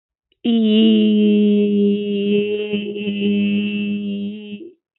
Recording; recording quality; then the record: sustained vowel as in beet; excellent, no background noise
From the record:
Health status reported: healthy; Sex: female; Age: 25 years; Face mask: not worn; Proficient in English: yes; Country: India